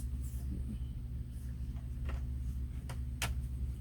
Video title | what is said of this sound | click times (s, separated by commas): Changing the battery in my HP OMEN 15-dc0030nr laptop (less than 10 minutes) | and it just pops into place | 2.9 s, 3.2 s